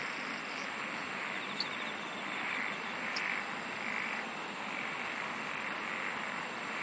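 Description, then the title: Insects trilling steadily in a high, unbroken drone, with two brief sharp clicks and a rapid pulsed trill joining near the end, over dense hiss. "SINGING OF INSECTS"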